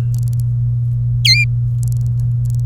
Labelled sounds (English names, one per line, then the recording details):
Domestic Canary song
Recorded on 24 April 2018 at 10:53
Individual llb3